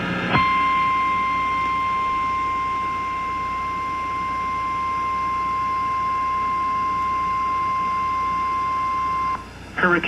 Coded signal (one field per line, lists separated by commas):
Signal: Emergency Alert System (SAME) tones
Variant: 1050 Hz attention tone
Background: speech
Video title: EAS Hurricane warning for Florida